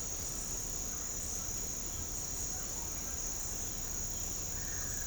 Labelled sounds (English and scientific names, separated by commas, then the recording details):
none
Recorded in pastures near Puerto Asís, Putumayo, Colombia, on 21 December 2024 at 07:30
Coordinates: 0.496, -76.326
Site G004